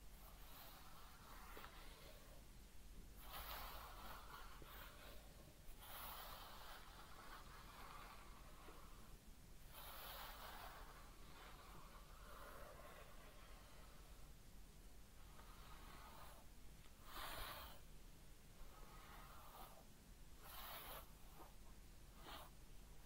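A head massage and ear cleaning, heard as a steady bed of soft rustling and scratching across the whole clip. Brighter, brushing bursts come every few seconds, near 3, 6, 10, 16, 17 and 21 seconds, with soft breathing sounds mixed in.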